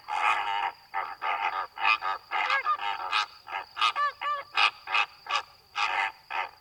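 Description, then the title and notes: Greater flamingos calling, a rapid chorus of harsh nasal goose-like calls in quick bursts, with a thin steady insect trill behind. Calm windless night beside Étang de Vaccarès, Camargue, 4 September 2020, 23:10; flock feeding quietly while standing mid-leg in water, occasionally calling; recorded with Nagra recorder and omnidirectional microphone. "Etang de Vaccares - Camargue. Flamant rose ( Phoenicopterus ruber )"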